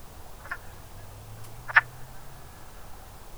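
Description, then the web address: Wood frog: two short, clucking, duck-like croaks about a second apart, the second louder. "zoology woodfrog"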